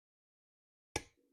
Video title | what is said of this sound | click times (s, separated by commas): Rod Torque ARC 175 inch lbs with oil, Blossom Racing, Junior Dragster, Jr Dragster. | Right there, didn't even get a full turn and it clicked. | 1.0 s